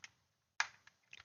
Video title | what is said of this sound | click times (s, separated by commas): LEGO Colonial Viper MOC Build - Part 8 | there that's fully seated | 0.6 s